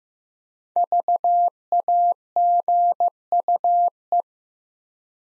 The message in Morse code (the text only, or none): VAGUE